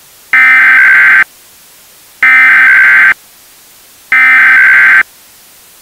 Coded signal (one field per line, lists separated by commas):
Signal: Emergency Alert System (SAME) tones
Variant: header bursts